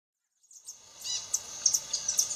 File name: canto da saira ferrugem